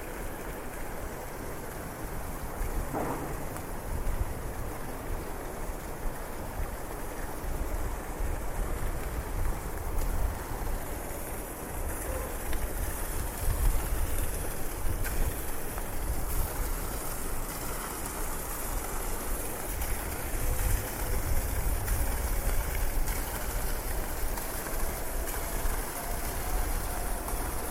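Rain falls steadily while someone walks through city streets, a dense hiss spread evenly across the whole clip. A low rumble of passing traffic swells and fades underneath, strongest around the middle and again near the end, with a brief tick near three seconds.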